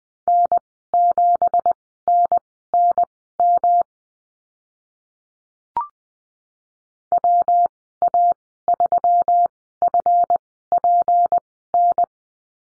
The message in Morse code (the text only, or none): N7NNM WA3FPN